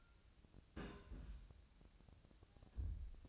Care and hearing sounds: daily activity, microphone in the room; place on stove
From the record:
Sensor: 2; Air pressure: 999.8 hPa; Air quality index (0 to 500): 121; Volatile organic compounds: 2 ppm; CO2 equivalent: 1044 ppm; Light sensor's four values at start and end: 36/87/38/43 and 36/88/38/43

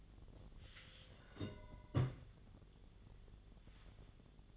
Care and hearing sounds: daily activity, microphone in the room; take from stove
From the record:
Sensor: 4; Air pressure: 1010.8 hPa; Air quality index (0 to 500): 167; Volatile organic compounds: 4 ppm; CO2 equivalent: 1700 ppm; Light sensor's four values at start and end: 40/114/46/47 and 40/114/46/47

